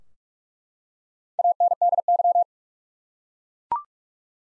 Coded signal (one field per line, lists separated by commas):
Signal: Morse code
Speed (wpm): 42 wpm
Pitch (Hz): 700 Hz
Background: none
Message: ANDY